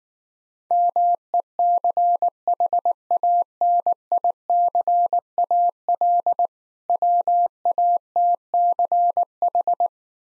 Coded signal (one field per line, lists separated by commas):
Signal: Morse code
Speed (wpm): 19 wpm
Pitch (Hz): 700 Hz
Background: none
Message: MECHANICAL WATCH